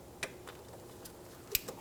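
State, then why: Seated. A plastic ABS sensor wire bracket on the rear knuckle area of a 2010-2014 Subaru Outback, being worked on during a rear upper control arm replacement, is closed around the wire. A soft tick at about 0.2 s comes before a sharp click at 1.6 s, and a few faint ticks follow. The bracket snaps shut and seats, locking the wire in.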